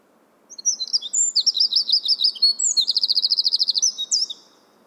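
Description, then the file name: Eurasian wren song, a vigorous high-pitched jumble of notes with a rapid, even trill in the middle and a few sharp notes at the end. "Troglodytes troglodytes"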